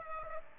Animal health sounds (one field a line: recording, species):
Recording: mosquito wingbeat signal from an infrared sensor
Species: Aedes aegypti